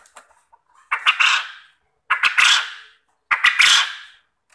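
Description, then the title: Quail call repeated three times, each a loud, scratchy burst under a second long. Quail call used as a lure (pancingan) to make other quail answer and call vigorously. "Burung Puyuh Mana Yang Tidak Nyaut Dan Gacor Dengan Pancingan Ini"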